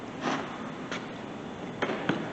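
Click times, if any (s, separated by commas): 1.8 s, 2.1 s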